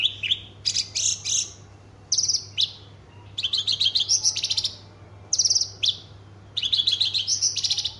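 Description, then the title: Horsfield's bush lark song: bursts of sharp high chirps and buzzy trills in short phrases separated by pauses, over a steady low hum. Described as an excellent bird with full song material. "Branjangan Istimewa Javanica Full Materi"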